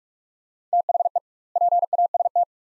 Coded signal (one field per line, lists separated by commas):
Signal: Morse code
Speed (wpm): 46 wpm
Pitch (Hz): 700 Hz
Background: none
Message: THE PAST